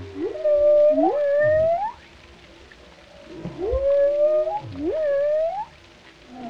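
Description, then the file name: Whale song: two groups of rising moaning upsweeps with harmonics, separated by quieter gaps. "Sounds Of Whales - Whale Sounds Pt 13"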